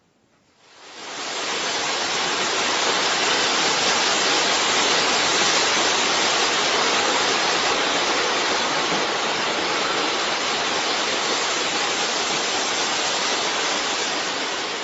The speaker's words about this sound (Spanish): Lo que suena es el tronar de la cascada hombre, que junto con su fluir interminable genera una escena casi hipnótica. Te juro que me daban ganas de sentarme allí y mirarla por horas.